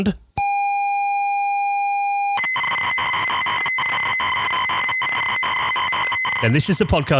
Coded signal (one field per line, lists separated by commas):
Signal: ZX Spectrum tape loading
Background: speech